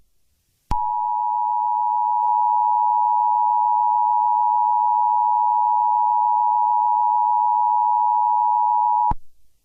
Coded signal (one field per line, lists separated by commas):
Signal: Emergency Alert System (SAME) tones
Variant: 853 and 960 Hz attention tone